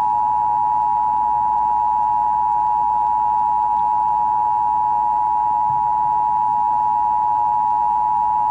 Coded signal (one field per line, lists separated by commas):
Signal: Emergency Alert System (SAME) tones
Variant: 853 and 960 Hz attention tone